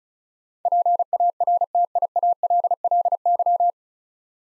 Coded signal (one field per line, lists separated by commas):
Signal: Morse code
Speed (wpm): 36 wpm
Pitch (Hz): 700 Hz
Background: none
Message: PARTIALLY